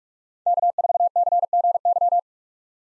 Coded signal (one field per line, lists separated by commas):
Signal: Morse code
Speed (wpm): 41 wpm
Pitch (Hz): 700 Hz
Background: none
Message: K4CGY